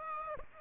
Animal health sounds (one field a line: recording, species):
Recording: mosquito wingbeat signal from an infrared sensor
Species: Aedes aegypti